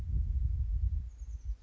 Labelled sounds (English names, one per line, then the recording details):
Oak Titmouse
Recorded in Sonoma County, California